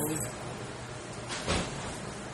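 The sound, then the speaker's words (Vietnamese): A door is handled, with one short, soft thump of it shutting midway through, set against a steady low hum of background noise. “Mở cửa đóng cửa rồi.”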